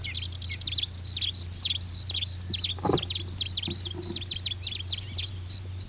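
Black-chested sparrow giving a long, fast series of high, sharp chips, about four per second.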